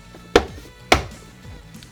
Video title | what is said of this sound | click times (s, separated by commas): How To Install The Samsung S95B Series OLED Pedestal | and it'll just snap into place | 0.4 s, 0.9 s